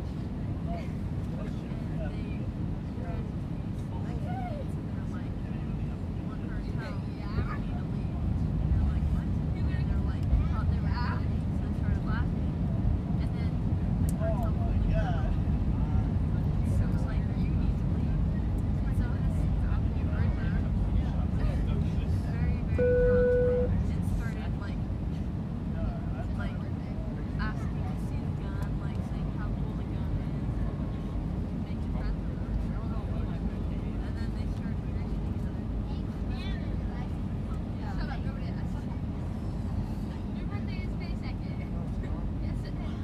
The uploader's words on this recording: Full Flight From Ft.Lauderdale To Cancun. Talking Sounds, White Noise, Plane Sounds, Flight Sounds, Flight Announcements, Chatting, Engine Sounds, Mechanical Sounds.